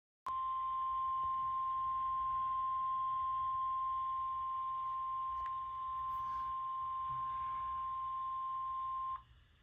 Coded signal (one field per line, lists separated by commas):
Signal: Emergency Alert System (SAME) tones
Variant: 1050 Hz attention tone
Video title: (EAS #2,691 - #2,708) LET’S TRY THIS AGAIN - EAS Alerts from 4/14/26 - 4/15/26